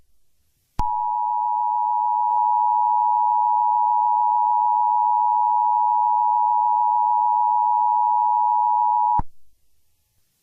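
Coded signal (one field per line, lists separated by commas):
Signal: Emergency Alert System (SAME) tones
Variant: 853 and 960 Hz attention tone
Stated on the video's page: Fictional zombie apocalypse EAS rendition with TTS, not a real alert.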